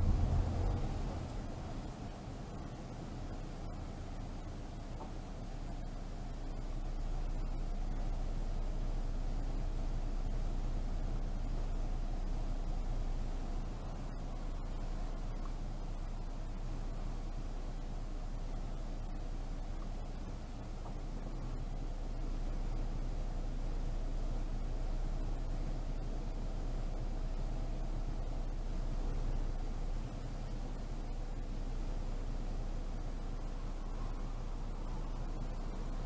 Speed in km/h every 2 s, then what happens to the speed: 5, 5, 5, 5, 5, 5, 5, 5, 5, 5, 5, 5, 5, 5, 5, 5, 5, 5.
0-36 steady at about 5.